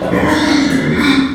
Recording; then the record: squeal of a Yucatan mini pig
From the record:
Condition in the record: after surgery on the right vocal fold (resection and tissue-engineered implant); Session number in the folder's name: 4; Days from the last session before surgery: 26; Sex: female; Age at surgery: 19 weeks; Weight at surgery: 25 kg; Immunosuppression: prednisolone